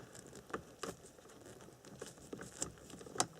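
A captive airbag retaining bolt behind the steering wheel of a 2000–2005 Audi A4/S4 (B6) is turned out, and it clicks on each rotation at about 0.5, 0.8, 2.6 and 3.2 seconds as it reaches the end of its thread. The clicks show the bolt is fully undone and released, though it stays held in the steering wheel.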